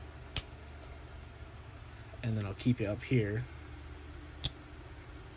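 A slipjoint pocket knife blade in its handle, a Jack Wolf Knives Venom Jack, is opened the rest of the way and snaps into the fully open position against the backspring with a crisp click at 0.4 s. Someone talks, and another sharp click follows at 4.5 s.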